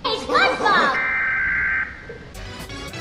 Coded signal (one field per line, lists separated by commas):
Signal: Emergency Alert System (SAME) tones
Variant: header bursts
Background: speech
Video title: The EAS Saga (AI Sponge Rehydrated)